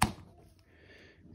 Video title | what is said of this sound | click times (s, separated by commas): Comparing Cheap Made Plumbing Parts! | now we know that's it you kind of feel two clicks right | 0.0 s, 0.6 s